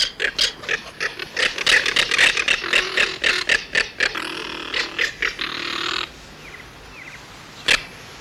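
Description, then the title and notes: Southern crested caracara rattling call, a fast run of dry clicking notes ending in a harsh grating rasp, then one last click after a pause. Harsh cry typically given from visible perches such as fences, posts and branches with head thrown back; lives in family groups or pairs, sometimes alone. "Museo de Ciencias de Bahía Blanca. Carancho (Caracara plancus)"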